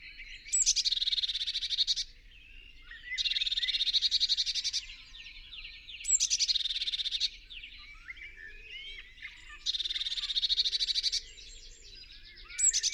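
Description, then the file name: Eurasian blue tit scolding with several long, rasping churr bursts, with soft chatter between them. "Cyanistes caeruleus"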